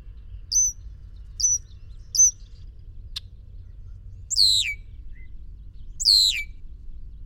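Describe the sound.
Bird calls, three short high chirps about a second apart, then two sharply descending buzzy notes over a soft low hum.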